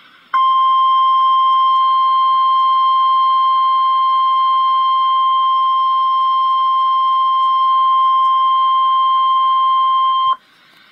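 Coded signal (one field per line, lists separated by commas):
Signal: Emergency Alert System (SAME) tones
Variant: 1050 Hz attention tone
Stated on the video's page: Real Severe Thunderstorm Watch EAS alert.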